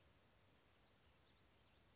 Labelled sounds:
Anna's Hummingbird (Calypte anna)
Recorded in Sonoma County, California

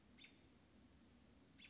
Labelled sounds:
American Robin (Turdus migratorius)
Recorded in Sonoma County, California

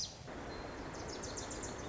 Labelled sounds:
Wilson's Warbler (Cardellina pusilla)
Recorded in Sonoma County, California

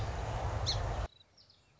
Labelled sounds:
Song Sparrow (Melospiza melodia)
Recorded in Sonoma County, California

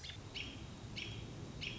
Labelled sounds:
American Robin (Turdus migratorius)
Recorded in Sonoma County, California

